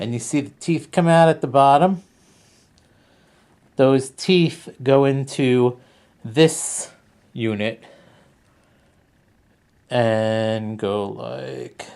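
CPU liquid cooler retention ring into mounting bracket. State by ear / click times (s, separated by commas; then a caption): not seated / none. Someone talks while lining up the teeth of a CPU liquid cooler's retention ring with its mounting bracket, with quiet pauses between phrases. The ring has not been pushed in or snapped into place yet.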